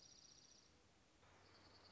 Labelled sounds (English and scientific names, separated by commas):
Dark-eyed Junco (Junco hyemalis)